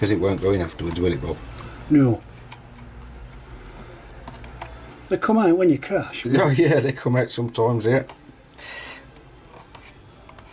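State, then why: Seated. On a Tamiya XV-01 Lancia Delta Integrale RC car chassis, the plastic front steering upright, with the drive dog bone already inserted, is pressed onto the front suspension arm while someone talks. Small knocks and handling sounds follow, and the upright snaps into place with a sharp click at 9.8 s, seated.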